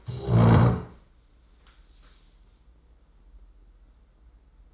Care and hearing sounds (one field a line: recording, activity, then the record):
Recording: daily activity, microphone in the room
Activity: stand up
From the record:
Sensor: 3